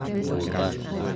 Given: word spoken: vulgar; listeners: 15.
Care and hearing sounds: one Spanish word in noise, from a listening test; eight-talker babble; -1.4 dB; 2 of 15; 8 of 15; 0.76 s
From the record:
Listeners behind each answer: 8, 2, 1, 1, 1, 1, 1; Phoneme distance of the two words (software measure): 20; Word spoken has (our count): 2 syllables, 6 phonemes, stress on syllable 2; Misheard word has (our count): 2 syllables, 6 phonemes, stress on syllable 2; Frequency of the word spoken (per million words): 10.88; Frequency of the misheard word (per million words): 92.75

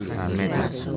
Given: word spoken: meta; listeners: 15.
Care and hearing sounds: one Spanish word in noise, from a listening test; eight-talker babble; -2.6 dB; 1 of 15; 7 of 15; 0.57 s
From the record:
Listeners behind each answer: 7, 1, 1, 1, 1, 1, 1, 1, 1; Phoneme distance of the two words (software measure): 45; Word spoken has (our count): 2 syllables, 4 phonemes, stress on syllable 1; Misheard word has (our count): 2 syllables, 5 phonemes, stress on syllable 2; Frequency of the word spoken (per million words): 34.00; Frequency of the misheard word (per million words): 4.14

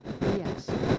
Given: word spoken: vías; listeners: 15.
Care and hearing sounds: one Spanish word in noise, from a listening test; noise modulated by three-talker babble; -7.1 dB; 3 of 15; 7 of 15; 0.58 s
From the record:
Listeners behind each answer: 7, 3, 1, 1, 1, 1, 1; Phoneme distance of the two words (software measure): 10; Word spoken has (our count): 2 syllables, 4 phonemes, stress on syllable 1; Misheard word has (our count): 2 syllables, 4 phonemes, stress on syllable 1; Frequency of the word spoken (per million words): 40.65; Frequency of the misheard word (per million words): 492.55

